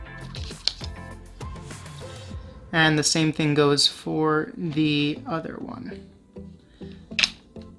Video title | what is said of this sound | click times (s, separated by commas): Upgrading the RAM on my Laptop | they're in you're just going to press them down and make sure you hear the click as well as see that both of these notches on each side are clamped together | 0.7 s